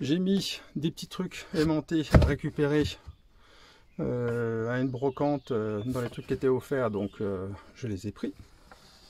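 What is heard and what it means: A small fitting, picked up at a flea market, is being handled to go into its mount in the camping box of a Berlingo van. Someone talks throughout, with a faint brief tick near 8.7 s. The fitting has not seated or clicked into place yet.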